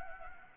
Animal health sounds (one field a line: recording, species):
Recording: mosquito wingbeat signal from an infrared sensor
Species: Anopheles gambiae